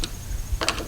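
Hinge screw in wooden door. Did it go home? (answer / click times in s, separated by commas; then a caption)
no / none. A screwdriver turns a short screw in a door hinge on a wooden door, but the screw keeps spinning because its hole in the wooden door or frame is stripped. Brief sharp ticks are heard near 0.0 s and again around 0.6 to 0.7 s over a low rumble. The screw stays loose, and nothing has seated or clicked yet.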